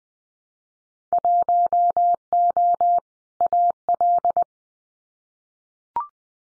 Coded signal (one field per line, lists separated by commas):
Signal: Morse code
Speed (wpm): 20 wpm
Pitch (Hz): 700 Hz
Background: none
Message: 1O AL